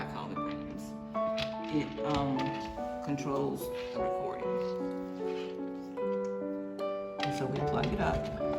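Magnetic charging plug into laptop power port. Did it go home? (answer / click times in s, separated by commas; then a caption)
no / none. A magnetic charging plug is handled near the power port of an Apple laptop while someone talks over steady background music, with a brief louder burst around 7.2 seconds. Nothing has seated or clicked yet by the end of the clip.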